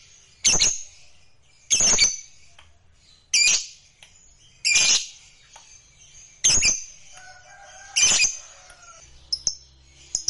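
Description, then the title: Lovebird squawks, harsh rasping bursts repeated roughly every one and a half seconds, with faint thin whistles between them. A lovebird that is reluctant to sing, made to sing spontaneously and with intensity. "LOVEBIRD Malas Bunyi JADI GREGET SPONTAN Langsung NARIK"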